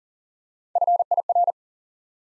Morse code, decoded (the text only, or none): FIR